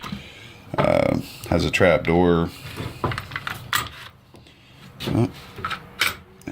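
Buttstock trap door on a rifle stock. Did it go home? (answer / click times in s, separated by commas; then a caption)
released / 6.0 s. Someone talks while fumbling with the trap door on the buttstock of an Arsenal SLR 104 FR rifle stock, producing a string of small handling clicks around 3.0 to 3.8 seconds. At 6.0 seconds a sharp click sounds as the trap door pops open and is released.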